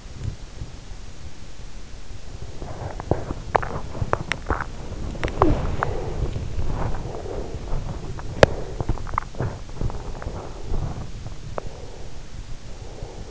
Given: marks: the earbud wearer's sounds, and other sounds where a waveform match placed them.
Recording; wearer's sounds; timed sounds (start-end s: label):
sounds in sleep by an in-ear microphone; swallowing, body movement, teeth grinding, breath
0.00-1.05 s: swallowing
2.08-12.47 s: body movement
3.03-4.83 s: teeth grinding
5.25-5.55 s: sound from someone else or the room
8.24-8.66 s: teeth grinding
11.38-13.31 s: breath